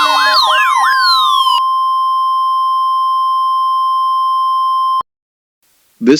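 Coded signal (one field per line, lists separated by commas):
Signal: Emergency Alert System (SAME) tones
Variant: 1050 Hz attention tone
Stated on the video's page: Mock EAS Required Weekly Test, a simulated alert.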